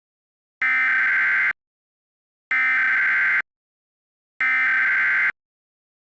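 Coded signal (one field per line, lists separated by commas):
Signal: Emergency Alert System (SAME) tones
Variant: header bursts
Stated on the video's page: Fictional EAS scenario with valid EAS tones.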